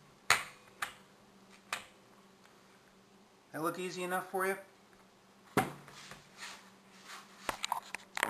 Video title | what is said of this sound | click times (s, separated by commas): (11) 1971 SL350 Honda Restoration | and then snap into place. | 0.3 s